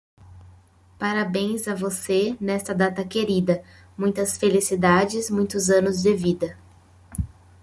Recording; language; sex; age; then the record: short text; Brazilian Portuguese; female; 20 to 29 years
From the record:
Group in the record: control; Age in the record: 28 years